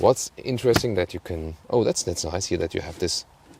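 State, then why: Not seated. In the cargo area of a Genesis GV70 EV electric SUV, the trunk underfloor storage cover or its holder is being handled and pushed toward its latch while someone talks. Nothing has seated or clicked yet.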